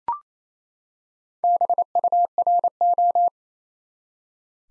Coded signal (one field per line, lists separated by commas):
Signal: Morse code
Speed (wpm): 28 wpm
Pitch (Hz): 700 Hz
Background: none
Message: BURO